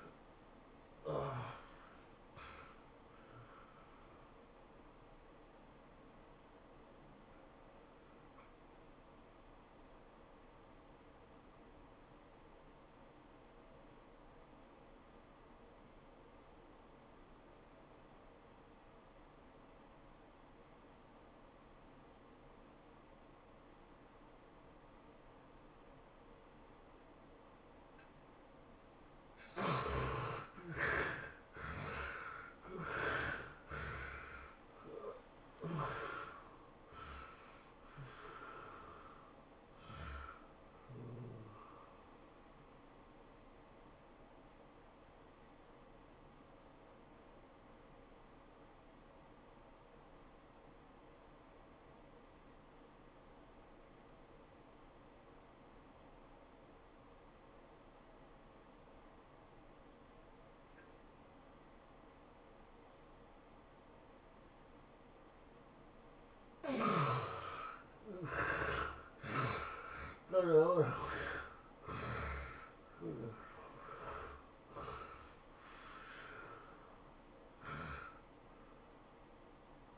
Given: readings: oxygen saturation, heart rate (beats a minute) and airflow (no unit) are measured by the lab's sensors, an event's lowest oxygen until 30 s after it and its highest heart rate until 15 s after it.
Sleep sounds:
breathing in sleep by a voice recorder at the bedside; 2
3.00-29.40 s: hypopnea (N1, oxygen 90% highest, then 69% lowest, heart rate 110 at the start, 112 highest)
48.00-68.20 s: obstructive apnea (N1, oxygen 95% highest, then 71% lowest, heart rate 97 at the start, 108 highest)
56.00-79.98 s: new sleep stage, N2 (light sleep)
From the record:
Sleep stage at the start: N1 (lightest sleep); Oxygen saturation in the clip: 69 to 95%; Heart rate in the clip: 76 to 112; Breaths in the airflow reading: 11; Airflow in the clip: -18.0 to 16.7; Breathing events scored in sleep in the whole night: 403 in 5.5 hours asleep

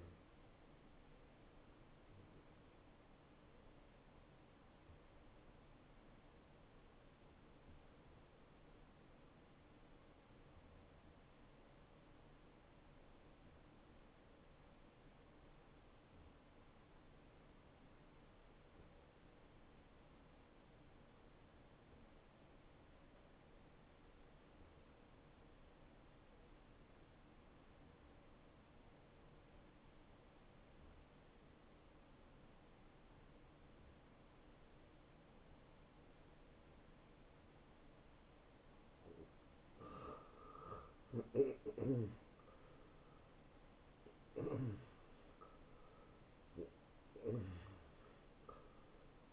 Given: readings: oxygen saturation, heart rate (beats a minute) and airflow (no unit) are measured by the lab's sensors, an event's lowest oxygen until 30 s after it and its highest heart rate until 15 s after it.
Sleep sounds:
breathing in sleep by a voice recorder at the bedside; 1
4.00-40.40 s: hypopnea (N1, oxygen 96% highest, then 87% lowest)
From the record:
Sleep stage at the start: N1 (lightest sleep); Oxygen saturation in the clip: 89 to 96%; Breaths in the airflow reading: 8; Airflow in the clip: -21.3 to 12.1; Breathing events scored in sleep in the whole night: 263 in 5.5 hours asleep

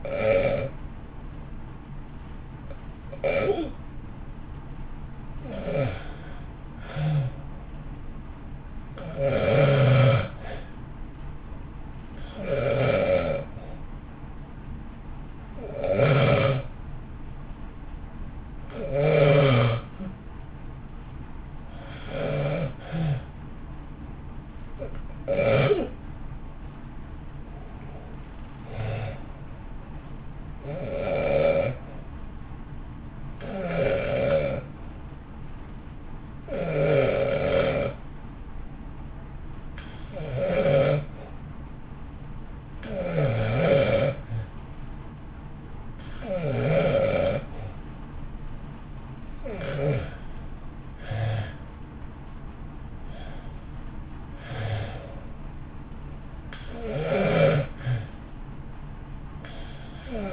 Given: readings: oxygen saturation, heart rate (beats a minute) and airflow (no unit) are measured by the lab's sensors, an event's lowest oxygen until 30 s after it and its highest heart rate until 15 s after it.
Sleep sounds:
breathing in sleep by a smartphone at the bedside; 2
6.00-21.30 s: hypopnea (REM, oxygen 92% highest, then 89% lowest, heart rate 54 at the start, 59 highest)
42.00-54.00 s: hypopnea (REM, oxygen 92% highest, then 89% lowest, heart rate 53 at the start, 59 highest)
From the record:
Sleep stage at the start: REM sleep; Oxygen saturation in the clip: 81 to 93%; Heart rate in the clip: 53 to 59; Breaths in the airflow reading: 16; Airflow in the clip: -1.3 to 1.5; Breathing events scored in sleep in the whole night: 328 in 6.3 hours asleep

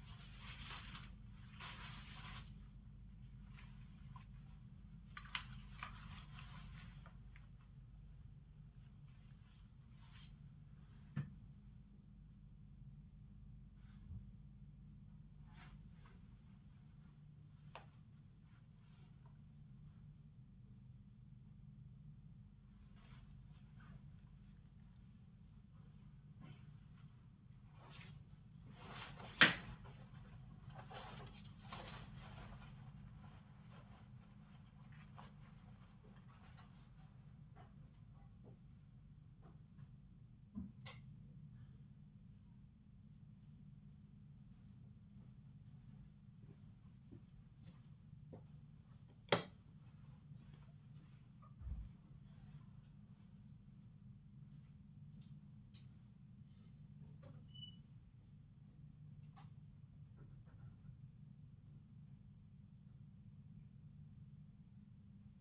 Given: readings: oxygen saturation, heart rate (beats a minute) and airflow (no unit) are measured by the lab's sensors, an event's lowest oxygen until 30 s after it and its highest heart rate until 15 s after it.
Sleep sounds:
a person awake in a sleep study, by a smartphone at the bedside; none
0.00-65.41 s: awake
From the record:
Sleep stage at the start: awake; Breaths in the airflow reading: 27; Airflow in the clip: -0.6 to 0.7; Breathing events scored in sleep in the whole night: 270 in 6.1 hours asleep

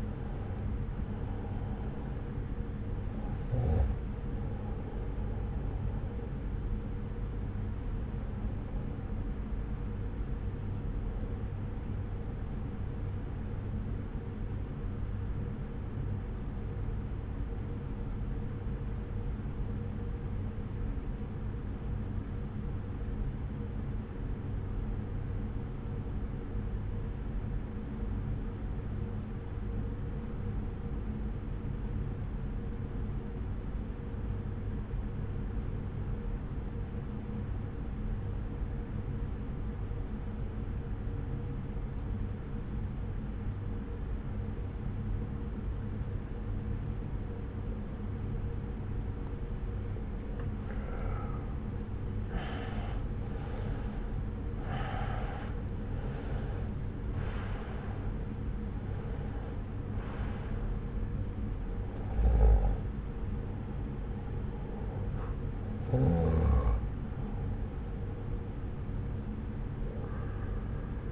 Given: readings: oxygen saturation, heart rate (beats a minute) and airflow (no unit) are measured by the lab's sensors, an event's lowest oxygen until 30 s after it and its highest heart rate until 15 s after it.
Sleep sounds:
breathing in sleep by a smartphone at the bedside; 1
16.00-50.00 s: obstructive apnea (N1, oxygen 96% highest, then 82% lowest)
20.00-50.00 s: new sleep stage, N2 (light sleep)
50.00-71.12 s: new sleep stage, N1 (lightest sleep)
From the record:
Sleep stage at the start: N1 (lightest sleep); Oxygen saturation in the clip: 83 to 96%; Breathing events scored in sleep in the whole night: 303 in 8.1 hours asleep

